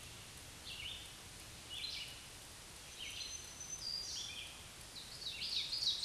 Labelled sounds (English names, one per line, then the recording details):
Black-throated Green Warbler song
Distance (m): 35 m
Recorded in a Pennsylvania forest on 1 June 2023 at 07:01
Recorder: AudioMoth, point grid3_16_low
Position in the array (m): 220 m, 141 m